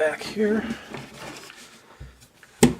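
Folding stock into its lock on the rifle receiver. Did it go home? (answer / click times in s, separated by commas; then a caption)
yes / 2.6 s. A side-folding rifle stock on a Century Arms AK63D is swung to the side and pushed forward into its lock against the receiver while someone talks. A sharp metal click at 2.6 s shows the stock has locked into the folded position.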